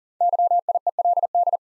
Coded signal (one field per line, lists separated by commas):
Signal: Morse code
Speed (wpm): 42 wpm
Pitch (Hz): 700 Hz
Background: none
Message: YIELD